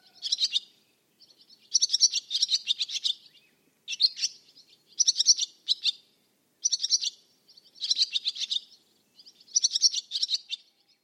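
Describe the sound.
Barn swallow calls: repeated bursts of high, scratchy twittering notes, most clusters lasting under a second, coming roughly every one to two seconds.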